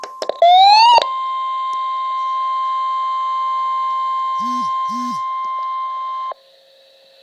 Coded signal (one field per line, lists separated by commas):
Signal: Emergency Alert System (SAME) tones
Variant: 1050 Hz attention tone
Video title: EAS#3 -Tornado Warning- *1-29-13*